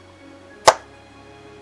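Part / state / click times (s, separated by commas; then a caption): removable plastic section in a scale model starship hull / seated / 0.7 s. A removable plastic section of a scale model starship hull, an Intrepid class USS Odysseus NCC-1978-A, is pushed back into the hull. A single sharp click sounds at 0.7 s against a faint steady hum, and the section seats in place and holds.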